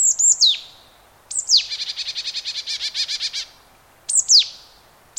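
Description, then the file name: Marsh tit call: a couple of sharp high slurred notes, then a long buzzy rattle of many quick units, followed by further sharp notes. "Poecile palustris"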